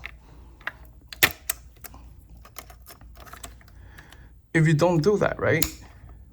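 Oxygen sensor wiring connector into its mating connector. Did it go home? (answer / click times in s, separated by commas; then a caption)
no / none. A plastic oxygen sensor wiring connector on a BMW G20 M340i (Gen2 B58) is handled and pushed toward its mating connector in the engine bay, producing a series of sharp, light plastic ticks and taps. Near the end, someone talks. Nothing has seated or clicked into place yet.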